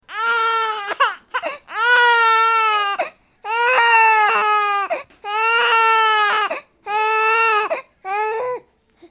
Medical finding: Newborn Baby cry.